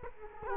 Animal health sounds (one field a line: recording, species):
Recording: mosquito wingbeat signal from an infrared sensor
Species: Culex quinquefasciatus